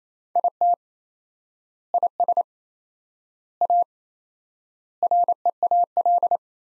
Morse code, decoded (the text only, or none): IT IS A REAL